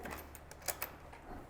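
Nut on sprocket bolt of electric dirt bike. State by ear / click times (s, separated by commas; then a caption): not seated / none. A nut is being tightened onto the bolt at the countershaft sprocket of an RFN ARES Pro or Beta Explorer electric dirt bike. A few light metallic ticks are followed by two sharper clicks near 0.7 and 0.8 seconds. The nut fails to catch the bolt threads, so nothing has seated yet.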